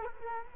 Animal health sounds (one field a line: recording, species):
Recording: mosquito wingbeat signal from an infrared sensor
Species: Culex quinquefasciatus